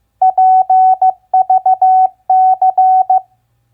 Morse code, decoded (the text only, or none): PVC